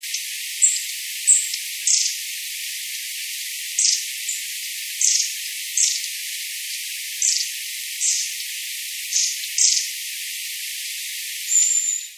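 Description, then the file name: Long-tailed tit calls: thin, very high short notes repeated at irregular intervals over dense high background noise, closing with a slightly longer, piercing high note. "enaga"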